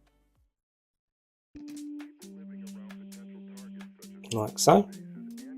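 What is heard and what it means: A small plastic exhaust piece is pushed as a push fit onto the catalytic converter of a Fanhome Fast and Furious Toyota Supra MK4 die-cast model car kit. After about 1.5 seconds of silence, steady background music starts and someone talks, with a few faint handling taps. The piece is handled but not yet home; nothing has seated or clicked yet.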